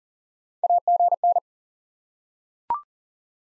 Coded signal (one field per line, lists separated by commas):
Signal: Morse code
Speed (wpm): 40 wpm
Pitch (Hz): 700 Hz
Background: none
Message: AGN